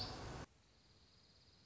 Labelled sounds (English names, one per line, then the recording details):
Dark-eyed Junco
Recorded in Sonoma County, California